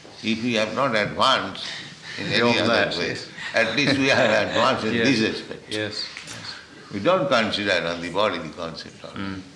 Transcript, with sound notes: If we have not advanced in any other way, [laughter] at least we have advanced in this respect. We don't consider on the bodily concept of life.